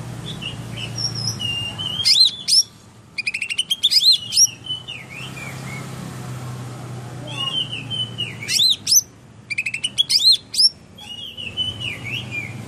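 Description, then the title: Greater green leafbird singing clusters of bright, sweeping whistles and quick chattering notes in bursts every few seconds, with a constant low hum beneath. Recorded in Kalimantan in 2014; local name cucak ijo. "Suara Burung Cucak Ijo 2014 Kalimantan"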